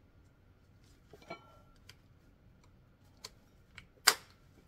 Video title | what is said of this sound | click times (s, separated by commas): LoGest Adjustable Tib Bar, Tibialis Anterior Exercise Equipment, Fitness Nordic Tibialis Trainer | There we go, snaps in place. | 4.1 s